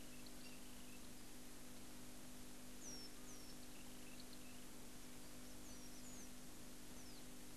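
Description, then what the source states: Red-capped robin: faint, thin, high downslurred notes scattered irregularly over steady low hum and background noise. Recorded at Eulo.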